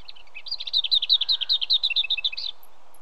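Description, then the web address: Lesser whitethroat giving a dry, even rattle of about twenty quick repeated notes over two seconds, briefly stuttering at the start, with a soft low hiss beneath. Britain. "The BBC Sound Effects Library. Lesser Whitethroat"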